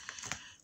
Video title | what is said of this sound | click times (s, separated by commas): Tutoriel Album photos thème la route 66 partie 3 😉 #Collatéral rush @Ciao Bella Paper #scrapbooking | voilà je préfère qu'on entende bien le clic plus | 0.1 s, 0.3 s